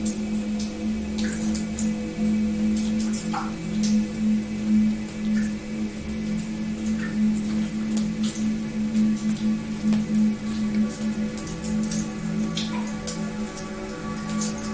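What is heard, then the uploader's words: Water sounds with a steady low hum that throbs gently throughout. Scattered drips and small splashes land irregularly on top, some sharp and bright, a few with a quick falling pitch, at a fairly even loudness over the whole stretch. The Sounds of Water that Could Be Mysterious Music.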